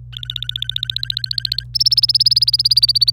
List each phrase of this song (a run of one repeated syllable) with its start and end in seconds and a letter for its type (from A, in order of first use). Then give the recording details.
0.13-1.64 A, 1.74-3.10 B. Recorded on 26 April 2018 at 12:15. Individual llb3